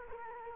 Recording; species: mosquito wingbeat signal from an infrared sensor; Culex quinquefasciatus